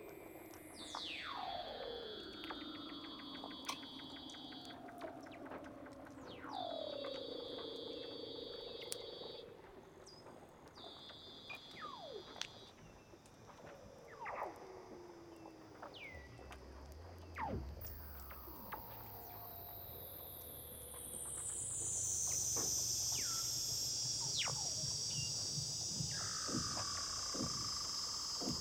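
Weddell seals call underwater in long sliding whistles that drop from high to low, each several seconds long, with buzzing trills and sharp clicks scattered between them. In the last third, a rising high whistle joins a low rumbling pulse, and the calls grow louder.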